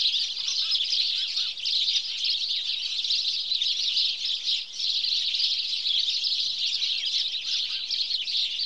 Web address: BBC Sound Effects Library (Birds) House Sparrow (Passer Domesticus)